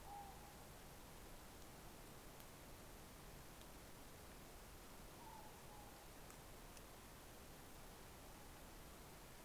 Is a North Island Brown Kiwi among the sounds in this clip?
no